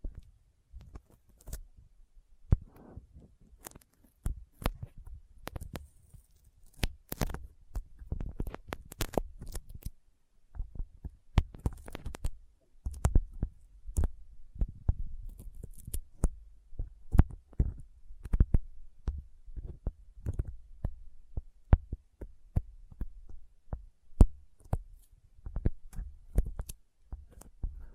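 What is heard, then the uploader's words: Sticky finger sounds: dense, irregular clicks, snaps and peeling smacks that run through the whole clip with barely a pause. The sharp sharp pops ring bright over a soft, rumbling low texture, with a brief lull around ten seconds. ASMR Intense Sticky Finger Sounds (No Talking).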